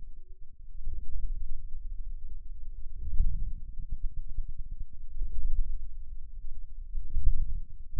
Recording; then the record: forearm muscle sounds (acoustic myography)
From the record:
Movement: inward rotation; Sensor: system 2, bracelet of six BSWA MPA416 microphones around the upper forearm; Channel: 1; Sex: male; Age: 22 years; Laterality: right